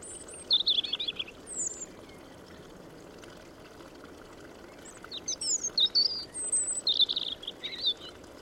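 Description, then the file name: European robin sings two varied phrases of high, liquid, jumbled notes, one near the start and a longer one after a pause, with steady background rush. "Erithacus rubecula"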